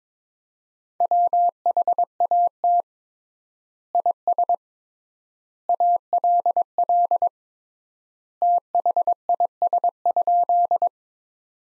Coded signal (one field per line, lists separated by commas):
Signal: Morse code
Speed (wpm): 22 wpm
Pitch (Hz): 700 Hz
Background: none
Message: WHAT IS ALL THIS?